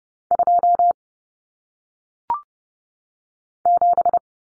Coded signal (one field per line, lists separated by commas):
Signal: Morse code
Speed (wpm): 30 wpm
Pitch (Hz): 700 Hz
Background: none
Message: 2 7